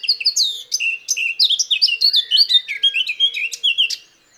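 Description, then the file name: Eurasian blackcap song, a lively unbroken run of fluty slurred notes and chirps lasting about four seconds before fading out. "Sylvia atricapilla"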